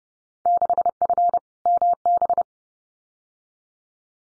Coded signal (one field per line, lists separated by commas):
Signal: Morse code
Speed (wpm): 30 wpm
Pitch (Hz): 700 Hz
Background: none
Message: 6F MB